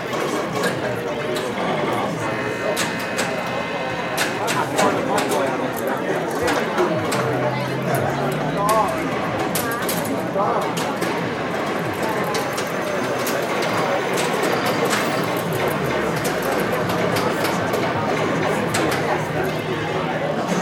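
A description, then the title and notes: A busy arcade hall full of overlapping voices and steady crowd chatter, dense and unbroken from start to finish. Short bright electronic blips and clicks from the machines flicker throughout, with a low tone briefly sliding upward around the seventh second. A Day at the Arcade.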